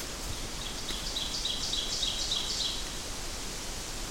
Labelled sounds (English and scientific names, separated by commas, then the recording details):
Ovenbird (Seiurus aurocapilla) song
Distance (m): 40 m
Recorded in boreal forest in Alberta, Canada, on 14 June 2016 at 07:31
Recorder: SongMeter 3, array SBT-3-33
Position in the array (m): 276 m, 266 m
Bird 22